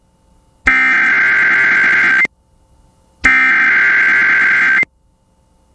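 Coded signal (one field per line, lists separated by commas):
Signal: Emergency Alert System (SAME) tones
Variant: header bursts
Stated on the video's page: Real tornado watch for Florida counties and Gulf of Mexico coastal waters, relayed on an FM station.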